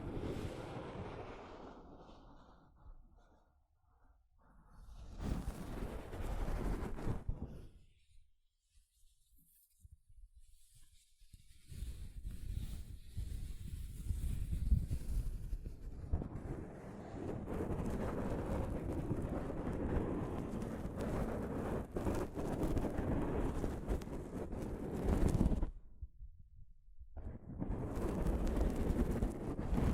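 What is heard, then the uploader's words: Soft fabric brushes across a microphone in uneven passes, making a dense, low, rumbling rustle. Bursts start near 5 seconds and again around 11, then run nearly continuously until a short gap near 26 seconds. Between passes there are brief near-silent pauses with faint scratchy touches. ASMR Mic Brushing using Soft Fabric (No Talking).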